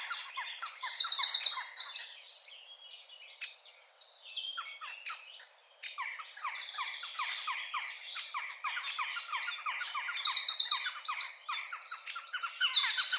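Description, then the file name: Eurasian wren bursts into shrill, rapid trilling song at the start and again near the end, with quieter chirping between. "Troglodytes troglodytes"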